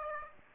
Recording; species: mosquito wingbeat signal from an infrared sensor; Aedes aegypti